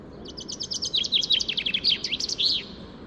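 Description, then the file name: Common chaffinch song: a quick cascade of sweet notes dropping in pitch, finishing with a brisk terminal flourish, against a faint background hiss. "Fringilla coelebs"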